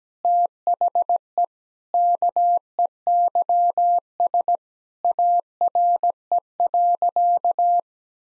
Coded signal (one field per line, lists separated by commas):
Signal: Morse code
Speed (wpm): 17 wpm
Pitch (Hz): 700 Hz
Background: none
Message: THE KEYS ARE.